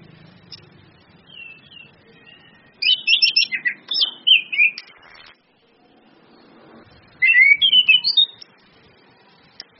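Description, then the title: Orange-headed thrush singing in two bursts of fluty, warbled whistles separated by a pause, over a faint low background hum. Lure song of the orange-headed thrush with female calls, meant to prompt the bird to sing actively. "PANCINGAN anis kembang ngeplong dan SUITAN BETINA"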